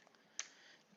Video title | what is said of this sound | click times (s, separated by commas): Chuck's Reviews Transformers Robots In Disguise Warrior Class Fracture | those will just snap they snap into place next what you want to go ahead and do | 0.4 s